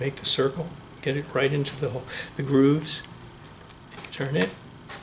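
Someone talks while a lens is lined up by its red dot, set into the grooves and turned on the bayonet mount of a Mamiya M645 medium-format camera. Short sharp ticks are heard at about 3.5, 3.7, 4.0 and 4.9 seconds. The clip ends before the lens goes home, so nothing has seated or clicked yet.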